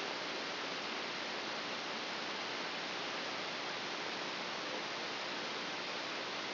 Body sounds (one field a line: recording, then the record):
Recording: brain microelectrode recording played as sound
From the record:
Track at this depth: inside the subthalamic nucleus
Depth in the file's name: 1.437 mm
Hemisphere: left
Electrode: 3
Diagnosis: Parkinson's disease